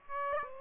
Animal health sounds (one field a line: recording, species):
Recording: mosquito wingbeat signal from an infrared sensor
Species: Aedes aegypti